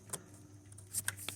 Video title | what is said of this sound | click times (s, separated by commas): 2015 Chevy Tahoe ￼ replace fuel pressure sensor P2635 DIY | You Hear The Click | 1.1 s